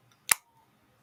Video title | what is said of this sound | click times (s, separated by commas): Opening Up My Subscriptions - Live Chat - kammie28 | I hope you heard that click it's a magnetic clip so | 0.3 s